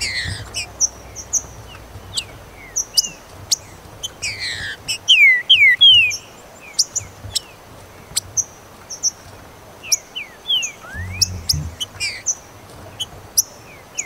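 Green-winged saltator song: a short run of loud sliding whistles around five seconds, set against many brief high chirps and occasional low thumps.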